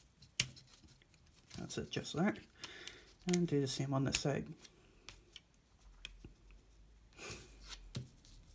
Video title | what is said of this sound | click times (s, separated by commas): Unique Toys Peru Kill (Age of Extinction Lockdown) | this root hits one comes up until it locks you'll hear a nice click that's | 0.4 s